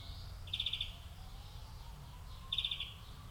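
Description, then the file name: European greenfinch calls: two short, fast-pulsed trills about two seconds apart, each under half a second, over a low steady rumble. "Chloris chloris"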